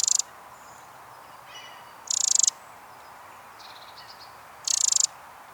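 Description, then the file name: Eurasian wren giving dry, rapidly pulsed high rattles, three bursts roughly every two and a half seconds, with faint thin notes in the gaps over low hiss. "Troglodytes troglodytes"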